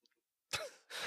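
After a few faint clicks, two harsh, rough bursts of coughing or forceful throat clearing follow in quick succession. They are an adult's reflex response after a sip of whiskey went down the wrong pipe, clearing the airway; the drink dries out the back of the throat.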